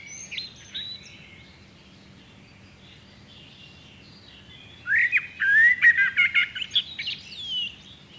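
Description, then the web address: Common blackbird song: a brief burst of high notes, then after a pause a longer phrase of varied whistled notes. "chant xeno-canto merle noir"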